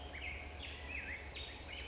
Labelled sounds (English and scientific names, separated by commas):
Black-headed Grosbeak (Pheucticus melanocephalus)